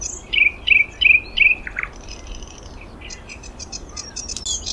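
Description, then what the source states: Thrush nightingale song: four loud, evenly spaced slurred notes in a row, followed by a quieter dry rattle and scattered high clicks. Song recorded in May 2026.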